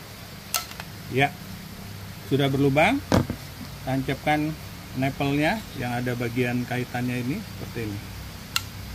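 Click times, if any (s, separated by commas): 8.6 s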